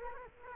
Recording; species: mosquito wingbeat signal from an infrared sensor; Culex quinquefasciatus